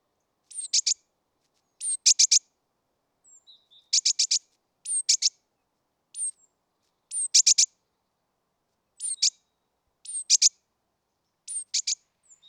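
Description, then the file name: Great tit calls: a high, thin note followed by a quick rasping double or triple buzz, repeated several times, with occasional soft notes between. "Parus major"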